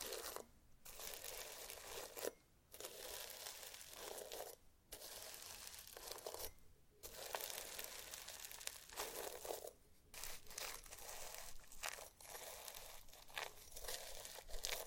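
Slime being squished and worked by hand makes a dense, crackly, crinkling sound that runs almost without a break. Short silent gaps cut in near 0.5, 2.5, 4.7, 6.8 and 10 seconds, and soft pops and snaps flick through the bright, hissy texture.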